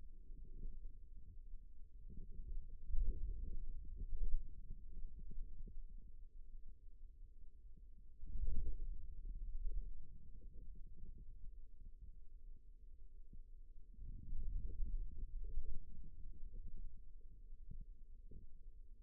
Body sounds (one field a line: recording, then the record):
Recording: forearm muscle sounds (acoustic myography)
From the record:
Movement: wrist flexion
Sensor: system 2, bracelet of six BSWA MPA416 microphones around the upper forearm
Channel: 4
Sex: male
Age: 22 years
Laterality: right